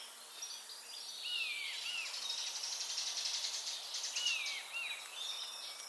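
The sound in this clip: Common starling calling with short downslurred whistles in pairs over a buzzy, rasping background chatter.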